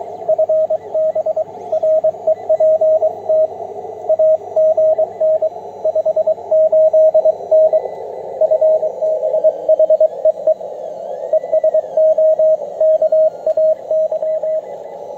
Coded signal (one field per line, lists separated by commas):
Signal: Morse code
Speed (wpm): 22 wpm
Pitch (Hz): 630 Hz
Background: radio noise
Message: FB REPT AGN 58N FB HEE ES OKAY